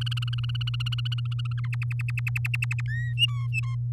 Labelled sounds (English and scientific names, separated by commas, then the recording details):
Domestic Canary (Serinus canaria) song
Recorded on 6 May 2018 at 07:51
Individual llb16